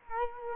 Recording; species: mosquito wingbeat signal from an infrared sensor; Culex quinquefasciatus